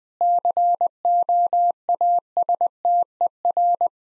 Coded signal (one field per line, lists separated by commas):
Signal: Morse code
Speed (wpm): 20 wpm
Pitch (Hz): 700 Hz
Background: none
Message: COASTER